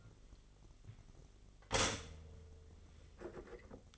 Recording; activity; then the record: daily activity, microphone in the room; stop toaster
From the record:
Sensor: 4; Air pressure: 1002.7 hPa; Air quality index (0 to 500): 233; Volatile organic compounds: 16 ppm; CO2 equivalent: 2524 ppm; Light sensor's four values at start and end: 21/74/27/27 and 17/58/22/21